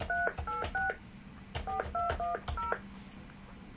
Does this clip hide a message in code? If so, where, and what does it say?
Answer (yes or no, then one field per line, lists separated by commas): yes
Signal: DTMF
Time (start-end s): 0.1-2.7 s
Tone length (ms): 160 ms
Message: 386 4210